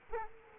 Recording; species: mosquito wingbeat signal from an infrared sensor; Culex quinquefasciatus